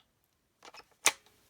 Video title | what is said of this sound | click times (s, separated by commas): Kamen Rider Zi-O DX Saikyo Girade Review | and then it clicks into place and it just so big I don't | 1.1 s